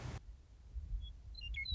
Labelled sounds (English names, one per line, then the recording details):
Western Meadowlark
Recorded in Sonoma County, California